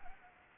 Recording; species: mosquito wingbeat signal from an infrared sensor; Anopheles arabiensis